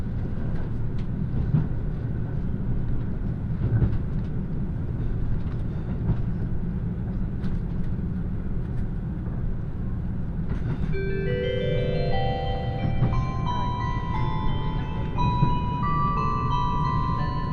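Steady low rumble and rattle of a Kiha 85 diesel express, the Nanki No. 6, running on the Kansai Main Line from Kuwana toward Nagoya. Occasional clicks and knocks punctuate the drone, and from about eleven seconds a stepped, rising whine climbs upward over the rumble.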